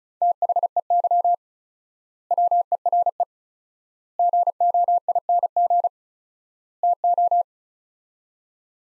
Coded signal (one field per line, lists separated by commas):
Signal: Morse code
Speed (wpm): 36 wpm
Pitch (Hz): 700 Hz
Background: none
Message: THEY WERE GOING TO